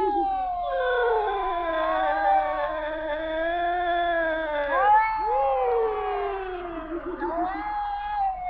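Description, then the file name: European wildcat caterwauling mating call, continuous wavering yowls that bend up and down, with brief breaks and renewed rising wails. Wildcat recorded during the mating season. "Wildkatze Felis silvestris Paarungszeit"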